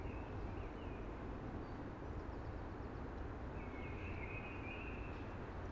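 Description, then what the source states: Eurasian blackbird delivering a brief whistle, then a longer flowing fluted phrase near the end, against continuous low rushing background noise. Singing early, amongst hushing conifers.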